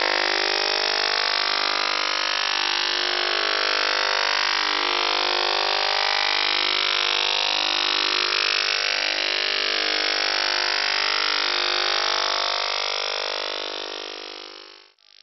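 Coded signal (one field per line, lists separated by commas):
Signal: radar signal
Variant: PLUTO OTHR, 50 Hz FMCW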